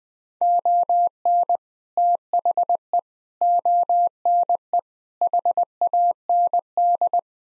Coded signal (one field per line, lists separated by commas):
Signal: Morse code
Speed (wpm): 20 wpm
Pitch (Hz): 700 Hz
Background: none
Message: ON THE ONE HAND